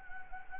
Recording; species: mosquito wingbeat signal from an infrared sensor; Anopheles gambiae